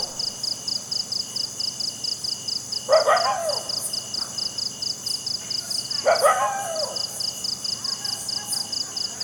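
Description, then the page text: Cricket trilling in rapid, even high pulses without pause, while another animal gives two brief harsh calls a few seconds apart. Crickets at night in a jungle. "Crickets Night Jungle TonwagenSfxLab"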